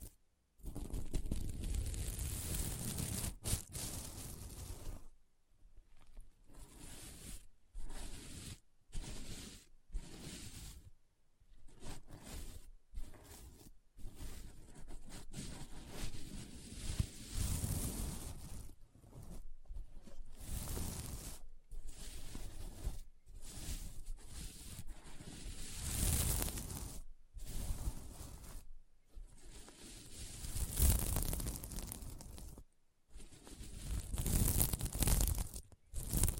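Scratching on a sequin mermaid pillow, a dense, raspy rustle that comes in bursts of a few seconds each. Short silent gaps break it up every second or two. The strokes are bright and hissy with a rough low rumble underneath, something like tearing or crinkling.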